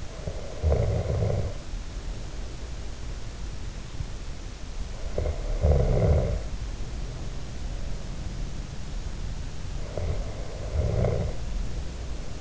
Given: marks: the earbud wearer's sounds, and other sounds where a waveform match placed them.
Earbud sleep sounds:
sounds in sleep by an in-ear microphone; snoring breath
0.00-2.45 s: snoring breath
4.95-7.44 s: snoring breath
9.81-12.41 s: snoring breath

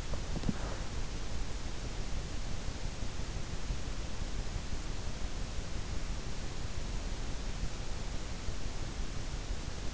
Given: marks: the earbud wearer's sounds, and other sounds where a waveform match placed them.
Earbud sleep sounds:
sounds in sleep by an in-ear microphone; body movement
0.00-1.20 s: body movement

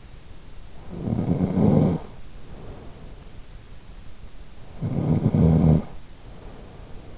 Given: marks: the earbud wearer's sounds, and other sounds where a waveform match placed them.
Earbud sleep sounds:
sounds in sleep by an in-ear microphone; snoring breath
0.92-3.06 s: snoring breath
4.55-7.09 s: snoring breath

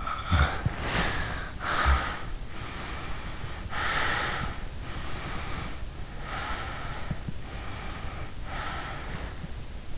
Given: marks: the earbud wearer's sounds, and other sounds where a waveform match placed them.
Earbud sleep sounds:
sounds in sleep by an in-ear microphone; snoring breath, body movement, breath
0.00-2.28 s: snoring breath
0.77-1.45 s: body movement
2.49-4.69 s: breath
4.77-7.25 s: breath
7.43-9.53 s: breath

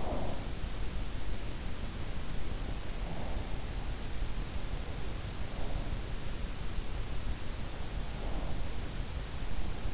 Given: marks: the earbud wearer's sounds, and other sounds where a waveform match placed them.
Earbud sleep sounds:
sounds in sleep by an in-ear microphone; breath
0.00-0.48 s: breath

